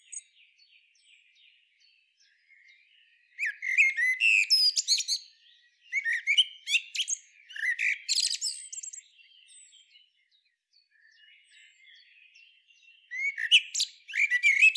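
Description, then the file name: Common blackbird song in three phrases of quick, shrill twitters and warbled notes, with soft chirping between them. "Turdus merula"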